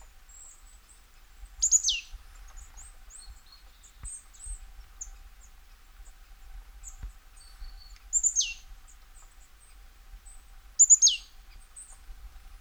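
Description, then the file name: Marsh tit calls, three sharp downslurred notes sweeping from very high to lower pitch, spaced several seconds apart, with faint high chirps between. "Poecile palustris"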